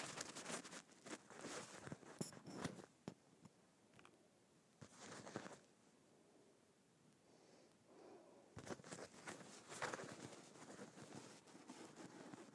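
Scratching on bumpy leather, a rough dry scraping that comes in bursts of quick rasping strokes. The busiest stretches fall in the first three seconds, around five seconds, and again from about eight and a half to eleven seconds, with quieter faint rustling between.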